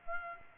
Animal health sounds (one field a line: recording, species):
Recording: mosquito wingbeat signal from an infrared sensor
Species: Aedes aegypti